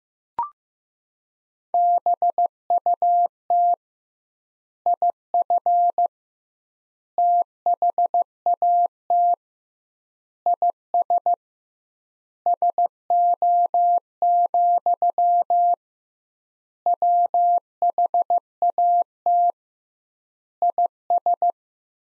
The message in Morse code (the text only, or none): BUT IF THAT IS SO, WHAT IS